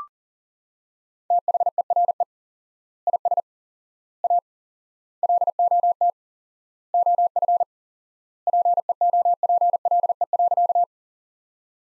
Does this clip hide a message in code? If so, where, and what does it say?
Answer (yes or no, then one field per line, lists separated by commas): yes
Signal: Morse code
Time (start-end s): 1.3-10.8 s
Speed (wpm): 40 wpm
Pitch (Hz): 700 Hz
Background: none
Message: THERE IS A LOT OF PEOPLE.